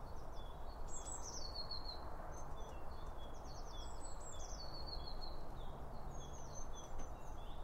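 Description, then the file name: Birds singing high, bright phrases that slide downward and end in a buzzy trill, with scattered chirps over a steady low rumble. Birds around a bird feeder, recorded with two Line Audio OM1 microphones. "Birds Around Birdfeeding With Two Om 1 From Line Audio"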